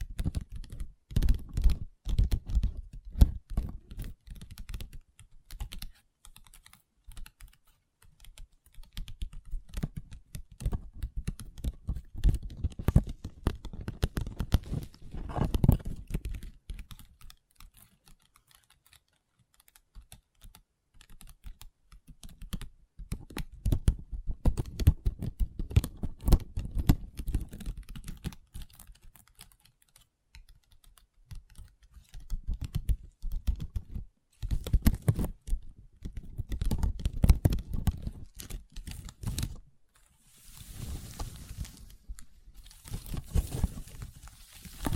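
Long nails tap and scratch on a table in dense, rapid bursts of clicks, clattering much like typing. The activity comes in waves, swelling around 15 and 37 seconds and thinning to near silence around 18–21 and 30 seconds. A brief hissy scrape shows near the end.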